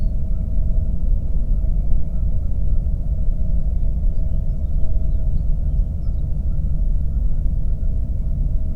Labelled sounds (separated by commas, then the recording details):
songbird, waterfowl, flare stack
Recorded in the Prudhoe Bay oil fields, Alaska, on 22 May 2019 at 01:31
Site 25